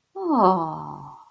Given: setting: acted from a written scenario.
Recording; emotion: vocal sound without words; sympathy